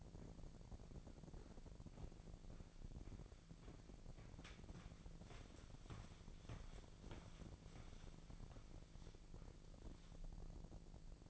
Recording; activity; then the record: daily activity, microphone in the room; walk to room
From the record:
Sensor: 5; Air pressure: 1012.4 hPa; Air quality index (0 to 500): 240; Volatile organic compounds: 4 ppm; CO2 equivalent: 1598 ppm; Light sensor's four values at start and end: 59/139/58/62 and 57/131/56/60